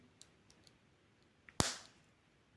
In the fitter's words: like that you can hear quite a big click